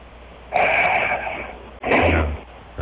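After a quiet stretch of shallow breathing, two loud, rough snoring breaths break in as an adult man's snoring resumes after an apneic pause, the big breaths following the shallow ones as he returns to his rhythm.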